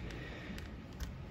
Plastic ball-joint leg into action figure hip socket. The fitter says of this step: so just pop that in there like